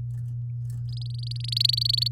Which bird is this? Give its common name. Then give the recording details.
Domestic Canary. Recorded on 6 May 2018 at 06:03. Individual llb16